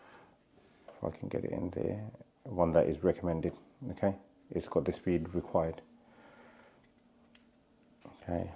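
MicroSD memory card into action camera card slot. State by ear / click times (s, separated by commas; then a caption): not seated / none. A SanDisk 256 Extreme Pro microSD memory card, small and plastic, is fiddled into position at the card slot of a DJI Osmo Action 6 action camera while someone talks. Only faint ticks are heard, around 7.4 s and 8.1 s. The card is lined up at the slot but has not yet seated or clicked in.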